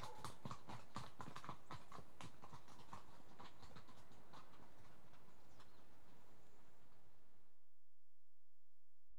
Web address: BBC Sound Effects Library BBC 37-Horses. Two horses walk past on trough